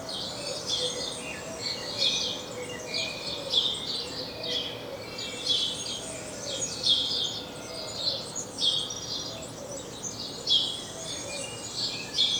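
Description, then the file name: House sparrow chatter, dense overlapping chirps in continuous bursts, with a soft humming background underneath. "Passer domesticus"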